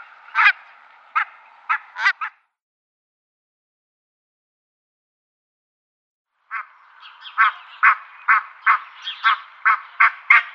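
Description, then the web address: Barnacle goose giving a few short yelping barks, then a silent pause of several seconds, then a steady run of yapping calls over softer flock chatter. "Schulze Peter Barnacle Goose"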